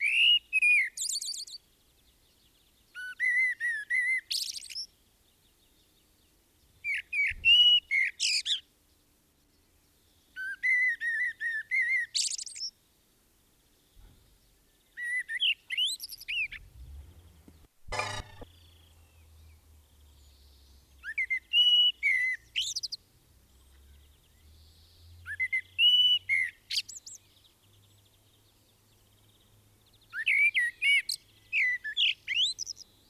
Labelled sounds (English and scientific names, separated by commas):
Common Blackbird (Turdus merula) song